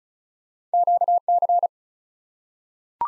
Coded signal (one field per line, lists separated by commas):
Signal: Morse code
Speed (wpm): 36 wpm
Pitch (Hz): 700 Hz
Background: none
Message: QC